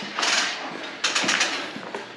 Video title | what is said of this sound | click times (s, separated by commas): 2023 A LOOK BACK | you hear those audible clicks | 0.2 s, 1.0 s, 2.0 s